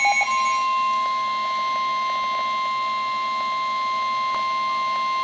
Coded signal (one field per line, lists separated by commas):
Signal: Emergency Alert System (SAME) tones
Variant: 1050 Hz attention tone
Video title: NOAA Weather Radio: Severe Thunderstorm Warning (EAS #116)